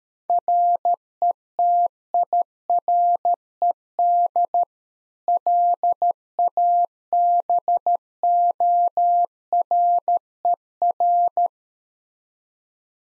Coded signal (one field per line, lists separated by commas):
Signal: Morse code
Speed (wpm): 13 wpm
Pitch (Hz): 700 Hz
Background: none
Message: RETIRED LABORER